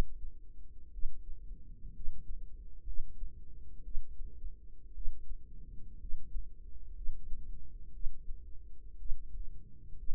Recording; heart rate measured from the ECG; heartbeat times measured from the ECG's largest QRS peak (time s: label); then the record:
heart sounds by microphone in the right ear; 60 bpm
0.90 s: heartbeat
1.92 s: heartbeat
2.84 s: heartbeat
3.82 s: heartbeat
4.92 s: heartbeat
5.97 s: heartbeat
6.93 s: heartbeat
7.91 s: heartbeat
8.96 s: heartbeat
9.95 s: heartbeat
From the record:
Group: healthy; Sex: female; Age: 36 years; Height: 163 cm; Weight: 88 kg